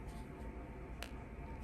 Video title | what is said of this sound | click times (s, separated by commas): How to make a doll - Part One | you should hear a little click and then you're going to trim | 1.0 s